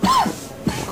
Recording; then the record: coughing mixed with background sound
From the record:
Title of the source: Spring Allergy Coughing